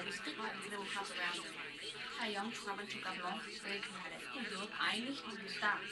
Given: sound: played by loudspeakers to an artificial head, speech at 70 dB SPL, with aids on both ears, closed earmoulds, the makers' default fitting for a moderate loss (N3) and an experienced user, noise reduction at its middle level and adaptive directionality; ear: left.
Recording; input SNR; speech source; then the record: speech test signal (ISTS) in cocktail-party noise; +3 dB; on the right (90 degrees)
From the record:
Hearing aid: class 1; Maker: E